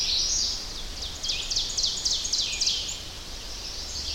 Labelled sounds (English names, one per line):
Ovenbird song